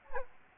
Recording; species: mosquito wingbeat signal from an infrared sensor; Anopheles gambiae